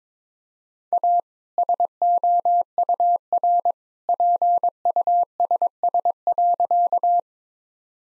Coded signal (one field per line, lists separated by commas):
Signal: Morse code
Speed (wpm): 22 wpm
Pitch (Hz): 700 Hz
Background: none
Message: A SOUR PUSS.